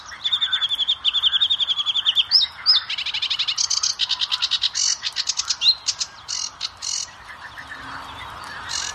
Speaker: Geht man jetzt zum Schilfrohrsänger, da ist der Gesang auch so, dass er an die Weibchen orientiert ist, aber nicht so variabel, die haben 70 Silben.